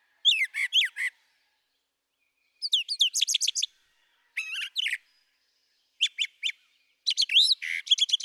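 Brown thrasher singing bright, rapid phrases of sharp chirps and rising whistles, each phrase repeated in a tight group, separated by short pauses.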